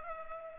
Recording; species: mosquito wingbeat signal from an infrared sensor; Culex pipiens